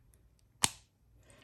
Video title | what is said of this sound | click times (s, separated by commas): IPSY May 2024 ICON Paid $60 Value $320 Boost $15 Value $62 Addons $24 Value $64 & Points Free = $10 | once you hear the snap you know that it is going to be secure and you can roll it up and roll it down | 0.6 s